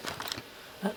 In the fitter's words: As I predicted, this just suddenly suddenly clicked into place.